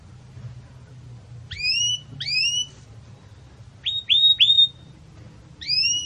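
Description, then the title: Canary song in short phrases: swooping whistled notes in pairs, then three quick clipped notes, with quiet gaps between phrases. Belgian canary song in campainha style, used for teaching young chicks (encarte de filhotes). "Canto Do Canário Belga Campainha Para Encarte De Filhotes"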